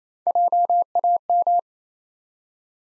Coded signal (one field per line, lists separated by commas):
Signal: Morse code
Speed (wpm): 27 wpm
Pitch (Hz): 700 Hz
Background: none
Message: JAM